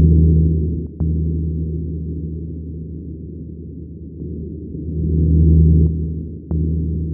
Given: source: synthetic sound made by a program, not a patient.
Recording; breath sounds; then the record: synthetic breath sounds; normal breath sounds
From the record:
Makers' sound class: normal breath sounds